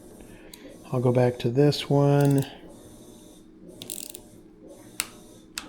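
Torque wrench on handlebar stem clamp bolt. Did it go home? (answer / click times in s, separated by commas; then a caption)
yes / 5.0 s, 5.6 s. Someone talks, then a torque wrench is ratcheted on an e-bike's handlebar stem clamp bolt, going back to an earlier bolt, with a quick burst of ratchet clicks around 3.8–4.0 s. The wrench clicks at its torque setting at 5.0 s and again at 5.6 s, confirming the bolt is tightened.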